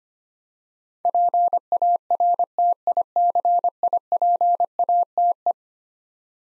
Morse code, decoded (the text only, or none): PARTICIPATE